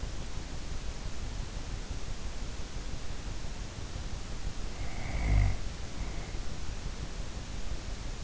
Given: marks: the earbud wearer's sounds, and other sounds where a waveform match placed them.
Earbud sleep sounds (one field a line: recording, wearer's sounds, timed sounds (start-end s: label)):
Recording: sounds in sleep by an in-ear microphone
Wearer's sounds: snoring breath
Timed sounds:
4.64-6.40 s: snoring breath